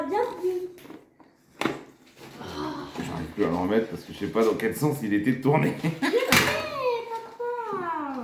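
A detached plastic part of a Mr Beast Lab Mutators Metallic Panther toy figure is being handled to clip it back into the figure's body; it wouldn't go back on because its orientation was unknown. Someone talks throughout, with a few sharp handling knocks at about 1.6 s and a louder one at 6.3 s. Nothing has seated or clicked yet.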